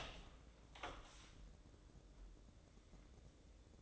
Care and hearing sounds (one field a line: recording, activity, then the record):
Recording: daily activity, microphone in the room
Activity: open door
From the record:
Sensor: 3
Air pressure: 1012.3 hPa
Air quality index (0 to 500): 176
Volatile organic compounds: 3 ppm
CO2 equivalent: 1346 ppm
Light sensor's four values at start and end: 568/1412/583/597 and 564/1402/579/592